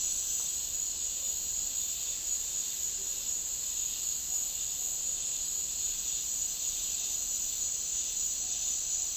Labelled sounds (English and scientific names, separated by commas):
none